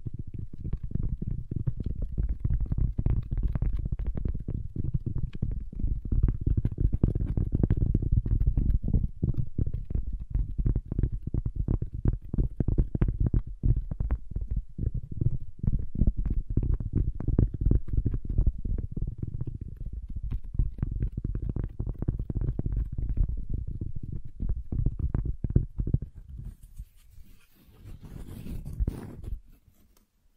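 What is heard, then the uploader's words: Dense, low wooden tapping and rubbing fills most of the clip, steady and quick with tiny clicks scattered through it. Near the end it thins out and grows quieter, with a brief faint hiss and a few softer scrapes around the last few seconds. ASMR Calming Wood Triggers for Sleep (No Talking).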